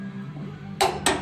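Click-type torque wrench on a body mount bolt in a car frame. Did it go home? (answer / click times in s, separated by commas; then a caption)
yes / 0.8 s, 1.1 s. A click-type torque wrench is pulled on a body mount bolt in a car frame (A-body frame and body mount) until it clicks at its set value of 30 foot-pounds. Against a low steady hum, two sharp clicks sound at 0.8 s and 1.1 s, confirming the bolt is torqued to the setting.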